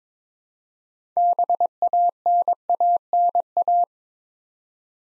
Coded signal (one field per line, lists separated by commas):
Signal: Morse code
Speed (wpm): 22 wpm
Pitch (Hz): 700 Hz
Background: none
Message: BANANA